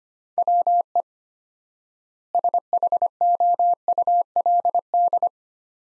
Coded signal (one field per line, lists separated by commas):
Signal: Morse code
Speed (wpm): 25 wpm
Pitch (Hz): 700 Hz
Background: none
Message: WE SHOULD